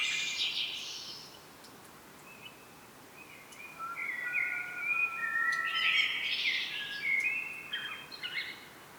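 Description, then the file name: Common blackbird song: a high squeaky burst, a pause, then low fluty whistles mixed with higher squeaky, twittering notes. "Turdus merula"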